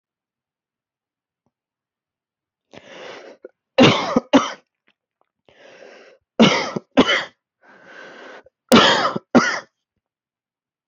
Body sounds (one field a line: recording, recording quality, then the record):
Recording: heavy voluntary cough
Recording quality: excellent, no background noise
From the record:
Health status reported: healthy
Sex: male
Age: 26 years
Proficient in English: yes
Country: Canada